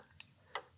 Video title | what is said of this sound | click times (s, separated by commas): The First Look at a Rare Harley-Davidson Feature | on the end these little studs that protrude out and it slides in and then locks in place so let's see if | 0.6 s